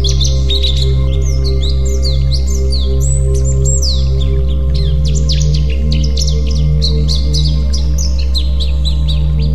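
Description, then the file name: White-eye song, rapid high twittering with sweeping chirps and buzzy trills, continuous over a steady low droning hum. White-eye 'terapi' (therapy) song. "terapi pleci"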